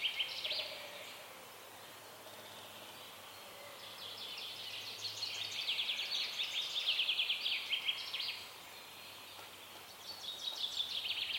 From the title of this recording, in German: Vögel im Wald